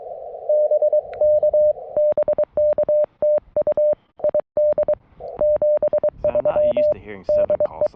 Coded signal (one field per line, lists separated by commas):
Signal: Morse code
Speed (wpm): 23 wpm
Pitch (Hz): 590 Hz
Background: none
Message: BK BK TU ID 73 DE